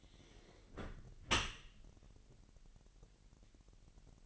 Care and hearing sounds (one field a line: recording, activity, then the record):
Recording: daily activity, microphone in the room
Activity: close dishwasher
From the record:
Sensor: 4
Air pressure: 1001.5 hPa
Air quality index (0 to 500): 248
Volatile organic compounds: 41 ppm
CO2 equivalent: 3165 ppm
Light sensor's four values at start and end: 8/18/7/6 and 8/18/7/6